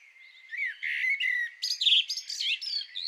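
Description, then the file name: Common blackbird song starting with low flute-like whistles and turning into a bright, squeaky high twitter. "Turdus merula"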